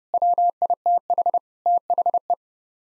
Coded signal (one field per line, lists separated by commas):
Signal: Morse code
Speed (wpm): 30 wpm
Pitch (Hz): 700 Hz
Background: none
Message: WITH THE